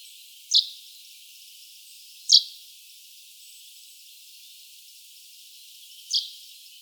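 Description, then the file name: Common chaffinch uttering three brief, high call notes, the last after a longer pause, with a faint hiss underneath. "Fringilla coelebs"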